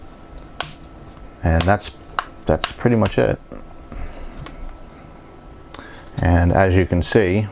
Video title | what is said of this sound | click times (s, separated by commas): PTS Ep. 143 - Samsung Galaxy Note 10.1" 2014 Black Screen Repair | as I work my way around here you'll you'll hear it click in and that's | 0.6 s